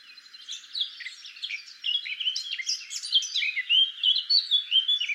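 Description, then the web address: Eurasian blackcap song, a continuous chattering warble that grows louder, with clear fluty notes standing out toward the close. "SETE Sylvia atricapilla"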